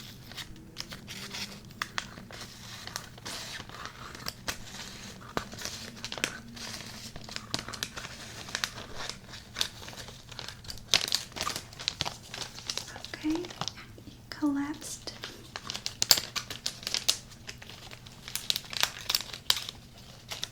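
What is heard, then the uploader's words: Crinkly crumpling and tapping sounds from handling sweet macaron packaging, with dense bursts of crisp rustle throughout. A few brief squeaky or scraping tones rise around the middle, and a faint low hum sits underneath the whole time. ASMR Sweet Macaron Triggers.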